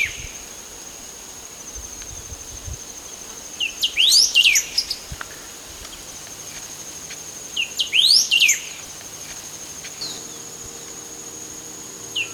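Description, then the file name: Golden-billed saltator calling in brief rising chirpy phrases roughly four seconds apart, a faint last one at the end, against a continuous high insect hum. Recorded along Route 9 in Maldonado, Uruguay, on 21 December 2011. "Saltator-aurantirostris-Est Vick-Estr-JIg-Ruta 9-Mald-UR"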